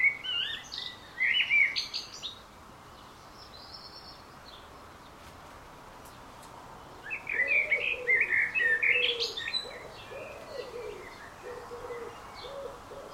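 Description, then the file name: Common blackbird song: two low fluty warbled phrases ending in high twittering, about six seconds apart, with soft repeated low cooing notes in the second half. "Turdus merula"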